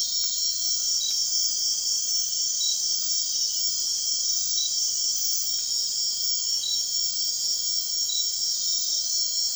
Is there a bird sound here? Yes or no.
no